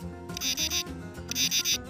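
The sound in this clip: Northern katydid song: two raspy bursts of about three quick scraping pulses each, roughly one second apart, over low tonal background sound.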